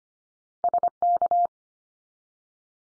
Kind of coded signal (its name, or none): Morse code